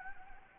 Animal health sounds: mosquito wingbeat signal from an infrared sensor; Anopheles gambiae

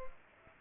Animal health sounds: mosquito wingbeat signal from an infrared sensor; Culex pipiens

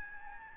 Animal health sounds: mosquito wingbeat signal from an infrared sensor; Aedes albopictus

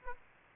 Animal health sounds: mosquito wingbeat signal from an infrared sensor; Aedes aegypti

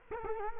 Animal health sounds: mosquito wingbeat signal from an infrared sensor; Culex quinquefasciatus

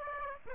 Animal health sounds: mosquito wingbeat signal from an infrared sensor; Aedes aegypti

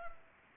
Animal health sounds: mosquito wingbeat signal from an infrared sensor; Anopheles gambiae

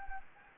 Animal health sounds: mosquito wingbeat signal from an infrared sensor; Anopheles gambiae

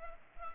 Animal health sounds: mosquito wingbeat signal from an infrared sensor; Culex pipiens

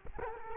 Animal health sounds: mosquito wingbeat signal from an infrared sensor; Culex quinquefasciatus

